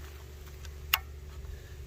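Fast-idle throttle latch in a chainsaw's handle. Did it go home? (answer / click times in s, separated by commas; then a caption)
released / 0.9 s. On a Husqvarna T540XP top-handle chainsaw set to half choke and high idle, the throttle is blipped and the fast-idle latch in the handle releases with a sharp click at 0.9 s over a steady low engine rumble. The latch drops the engine from high idle to normal idle.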